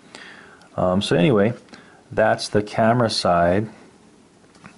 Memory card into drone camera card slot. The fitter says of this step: you just push it till it clicks and let go let go and it just stays in there